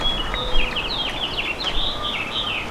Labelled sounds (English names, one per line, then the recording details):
House Finch song
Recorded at Merrick on Long Island, New York, on 17 May 2013
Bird E